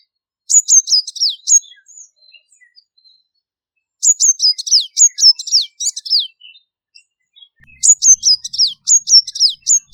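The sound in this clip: Purple-rumped Sunbird calling: three bursts of high, thin, sharp notes, each a quick run of several chips, many falling in pitch; quiet between bursts.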